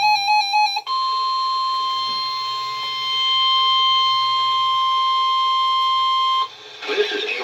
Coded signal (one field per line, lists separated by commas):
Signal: Emergency Alert System (SAME) tones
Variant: 1050 Hz attention tone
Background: speech, music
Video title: Flood Warning (EAS #58)